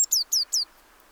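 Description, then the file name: Eurasian blue tit giving quick, high, thin notes that slide steeply downward, in rapid succession. "Cyanistes caeruleus"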